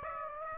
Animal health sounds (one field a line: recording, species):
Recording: mosquito wingbeat signal from an infrared sensor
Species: Aedes aegypti